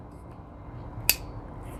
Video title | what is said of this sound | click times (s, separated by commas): Amazon Basics 4 shelf shelving unit instructions - Adjustable Heavy Duty Shelves For Kitchen, Garage | and did you hear the click once it clicks you slide it back down | 1.1 s